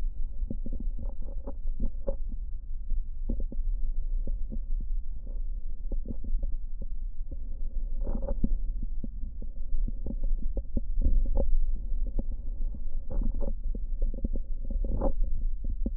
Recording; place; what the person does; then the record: lung sounds by stethoscope; right anterior apical chest; quiet breathing, then deep breathing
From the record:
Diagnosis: COPD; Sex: male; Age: 70 years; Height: 174 cm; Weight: 94 kg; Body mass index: 31.0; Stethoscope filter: diaphragm mode